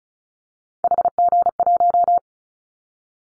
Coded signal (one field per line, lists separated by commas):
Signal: Morse code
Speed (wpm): 34 wpm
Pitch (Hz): 700 Hz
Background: none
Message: HG1